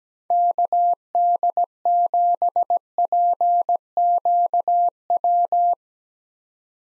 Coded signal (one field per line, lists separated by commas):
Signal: Morse code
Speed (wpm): 17 wpm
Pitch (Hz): 700 Hz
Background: none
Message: KD7PQW